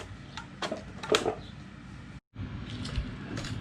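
A release button is pressed on a Kobalt 40V cordless string trimmer, and a few light plastic knocks lead into a sharp click at 1.2 s as the battery pack pops out of the trimmer housing. The sound briefly cuts to silence around 2.2 s, then quieter handling noises follow. The battery pack is released from the trimmer.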